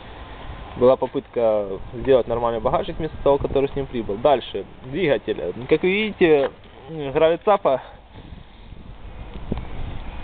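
Someone talks while trying to fit a small metal engine part onto an old moped engine, a Riga-2 Gauja, then two short knocks are heard near 9.5 and 9.6 seconds. The part does not go into place, and nothing has seated or clicked.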